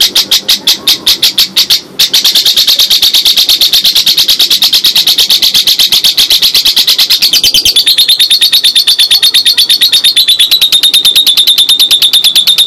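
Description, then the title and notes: Bird song as a sustained fast trill of sharp high notes, steady and rapid throughout, with a brief break near the start. "Bird Sound. Kicau Burung Lengkap"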